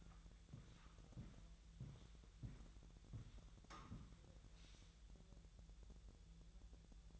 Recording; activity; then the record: daily activity, microphone in the room; walk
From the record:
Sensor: 3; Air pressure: 1001.9 hPa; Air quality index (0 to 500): 244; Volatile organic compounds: 118 ppm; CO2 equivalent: 3862 ppm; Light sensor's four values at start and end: 9/22/9/9 and 9/21/9/9